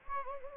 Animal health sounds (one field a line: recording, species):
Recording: mosquito wingbeat signal from an infrared sensor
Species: Anopheles gambiae